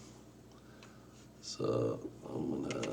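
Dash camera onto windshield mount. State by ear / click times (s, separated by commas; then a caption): not seated / none. A Vantrue Nexus 5S 4-channel dash camera is handled near its windshield mount, with a faint tick around 0.8 s and someone talking. The camera has not locked onto the mount yet; nothing has seated or clicked.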